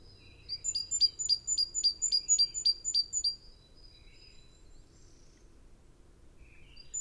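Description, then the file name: Great tit call, a steady run of about ten sharp high ringing notes, then quiet with faint chirps. "Parus major"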